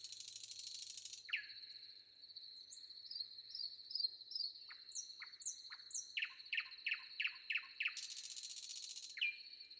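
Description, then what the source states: Common nightingale song: varied phrases with a series of rapid descending notes and high whistles, over a steady high cricket trill. Recorded with wind and crickets.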